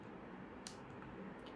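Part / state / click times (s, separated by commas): sliding action of a brick-built toy shotgun, locking into the receiver / seated / 0.7 s, 1.0 s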